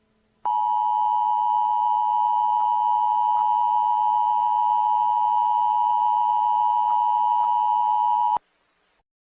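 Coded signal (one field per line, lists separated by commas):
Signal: Emergency Alert System (SAME) tones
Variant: 853 and 960 Hz attention tone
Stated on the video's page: Fictional nuclear attack EAS scenario, not a real alert.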